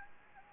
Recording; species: mosquito wingbeat signal from an infrared sensor; Anopheles gambiae